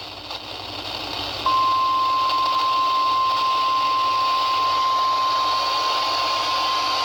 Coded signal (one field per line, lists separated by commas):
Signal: Emergency Alert System (SAME) tones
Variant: 853 and 960 Hz attention tone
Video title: Champaign Rain | EAS Alerts From 9/7-8/2021 (EAS #925-940)